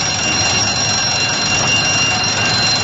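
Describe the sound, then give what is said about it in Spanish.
A loud alarm rings continuously for about three seconds, a steady high-pitched electronic tone sustained over a dense hiss, with no pauses and no voices. “Pero de repente sonó una llamada de alarma.”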